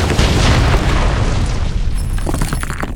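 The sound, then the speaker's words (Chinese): A powerful explosion of an energy wave erupts in front of orcs in a World of Warcraft story, a loud, dense roar that holds for about two seconds, then fades into rumbling debris and scattered crackles as large stones are hurled overhead, with no voices. “在气浪的冲击下，格拉塔喘着粗气，他想挣扎着站起身来，但又一道更加猛烈的能量波在兽人们面前发生了爆炸。”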